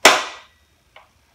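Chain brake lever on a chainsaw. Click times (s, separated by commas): 0.1 s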